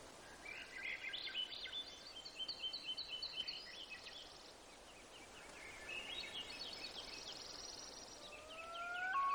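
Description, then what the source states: Overlapping bird songs: rapid repeated high twitters and buzzy trills, a pause, more trilling, then a rising whistle near the close, over background hiss. Gates of the Arctic, Alaska; 18 June 2018, 05:30.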